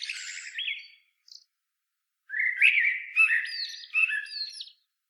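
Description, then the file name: Common blackbird singing: a soft squeaky ending, a pause, then a full mellow warbled phrase with higher twittering notes woven through. "Turdus merula"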